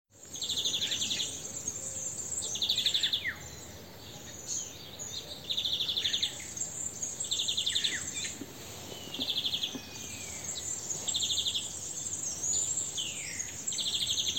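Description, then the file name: European greenfinch giving rapid trilled calls, each a brief burst of quick repeated notes, recurring at short intervals, with high insect-like hiss and occasional thin bird notes. "Chloris chloris"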